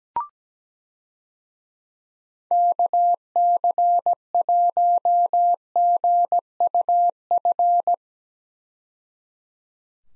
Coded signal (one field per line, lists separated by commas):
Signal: Morse code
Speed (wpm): 17 wpm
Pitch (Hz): 700 Hz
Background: none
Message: KC1GUF